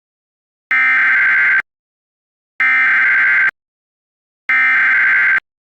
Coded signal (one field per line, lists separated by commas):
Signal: Emergency Alert System (SAME) tones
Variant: header bursts